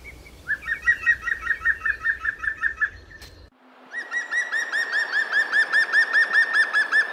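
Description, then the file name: European Green Woodpecker song: a laughing series of clear, evenly spaced notes, then a gap and a second, longer run of ringing notes at the same pitch. "Picchio verde canto (Picus viridis)"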